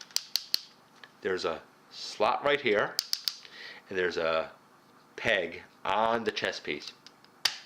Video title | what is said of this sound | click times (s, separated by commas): Best Bruticus? Transformers Custom Combiner Wars VS FoC Onslaught - True Review NUMBER 82 | bring it over until it snaps in like that | 7.5 s